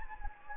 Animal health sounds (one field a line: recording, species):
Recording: mosquito wingbeat signal from an infrared sensor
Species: Anopheles gambiae